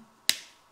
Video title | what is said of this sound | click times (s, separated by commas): Der Fenster-Trick - Das Selbstversorger-Essen - eigene Medizin herstellen | Knacken das heißt dieser Ring ist über einen fals im Glas gesprungen | 0.3 s